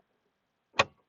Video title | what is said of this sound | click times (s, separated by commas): How To Release A Stuck Shifter (Andy’s Garage: Episode - 347) | and you heard that click. It's all the way up, | 0.8 s